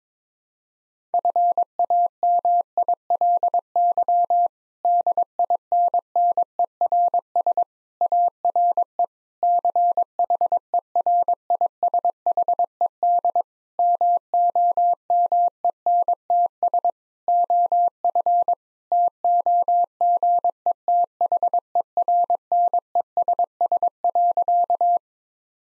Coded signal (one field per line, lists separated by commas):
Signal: Morse code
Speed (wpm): 22 wpm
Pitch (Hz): 700 Hz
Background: none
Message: FAMILY DINNERS ARE CHERISHED MOMENTS OF TOGETHERNESS.